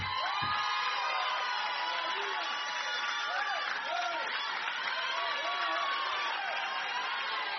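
A woman shouts "hey" amid an audience cheering, with many excited voices whooping and calling out in a loud, steady wash of crowd noise throughout.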